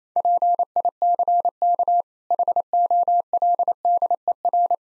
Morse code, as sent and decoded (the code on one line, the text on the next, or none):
.--. .. -.-. -.- / .... --- .-.. -.. . .-.
PICK HOLDER